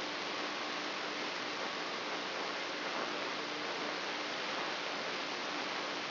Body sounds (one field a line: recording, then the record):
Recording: brain microelectrode recording played as sound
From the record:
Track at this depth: outside the subthalamic nucleus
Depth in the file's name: 8.504 mm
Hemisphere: left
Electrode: 3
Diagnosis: Parkinson's disease